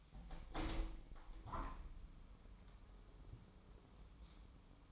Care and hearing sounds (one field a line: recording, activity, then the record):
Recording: daily activity, microphone in the room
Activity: open window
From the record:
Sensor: 1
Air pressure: 1006.5 hPa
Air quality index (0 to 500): 208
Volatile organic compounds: 24 ppm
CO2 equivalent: 2806 ppm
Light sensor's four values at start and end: 12/31/12/13 and 12/31/12/14